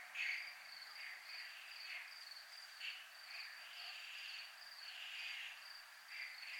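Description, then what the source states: Cricket song: a high, steady trill pulsing without pause, with lower rasping swells coming and going. Recorded in a 'zona militar' (military zone).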